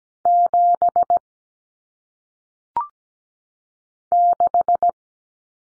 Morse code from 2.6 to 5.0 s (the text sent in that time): 6